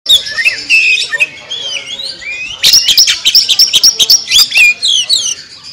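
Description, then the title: Oriental magpie-robin song: sweet sliding whistles between mid and high pitch, then a loud burst of rapid sharp notes and clicks. National champion bird. "Bintang Sektor Kacer Juara Nasional"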